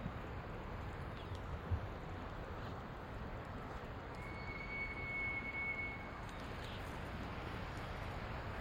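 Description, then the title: Elk bugle: a thin, level whistled note held for nearly two seconds, partly masked by strong, continuous wind roar. Several small break-off herds moving through tall pine stands in strong mountain wind; males calling back and forth, females trying to decide which male to follow. "Elk Herd Activity In Windy Background"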